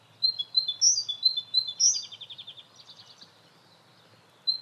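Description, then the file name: Great tit with quick high chirping notes followed by a dry, buzzy rattling trill, then a short silence and one more chirp. "Parus major"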